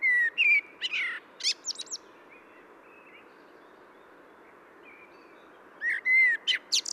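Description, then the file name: Common blackbird song, one phrase at the start and another near the end, mellow whistled notes broken by sharp high twittering, with steady faint hiss between. "Turdus merula"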